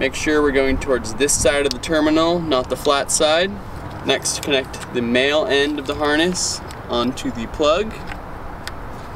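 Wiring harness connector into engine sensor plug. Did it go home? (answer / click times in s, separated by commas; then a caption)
yes / 8.7 s. On a Ford F-150 3.5L EcoBoost, the male end of an add-on RaceChip wiring harness is pushed onto the engine sensor plug and its gray locking tab is pushed in while someone talks. One sharp snap at 8.7 s marks the connector seating.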